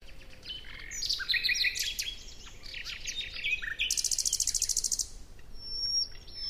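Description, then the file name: Common nightingale song with varied chirping phrases, a fast, even rattle of high repeated notes in the middle, and a thin whistle near the end. "Luscinia megarhynchos"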